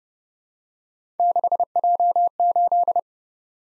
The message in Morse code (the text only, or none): 6J8